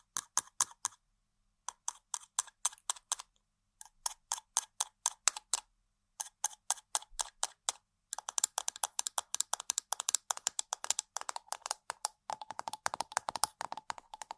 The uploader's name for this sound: Tapping & Scratching On Random Objects